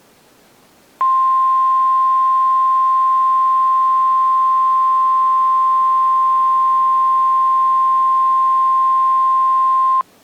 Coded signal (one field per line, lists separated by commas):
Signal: Emergency Alert System (SAME) tones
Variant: 1050 Hz attention tone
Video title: (EAS#4) SEVERE THUNDERSTORM WARNING (02/27/2023)